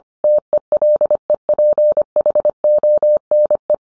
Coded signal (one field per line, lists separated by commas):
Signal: Morse code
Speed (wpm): 25 wpm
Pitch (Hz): 600 Hz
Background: none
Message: TELEPHONE